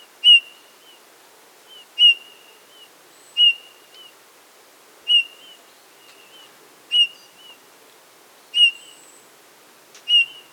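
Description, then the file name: Eurasian bullfinch calling with mellow, level whistled notes repeated roughly every one and a half to two seconds, seven calls, with fainter whistles between them. "Pyrrhula pyrrhula"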